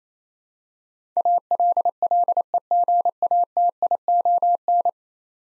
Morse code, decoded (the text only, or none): ALLEGATION